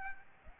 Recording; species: mosquito wingbeat signal from an infrared sensor; Aedes albopictus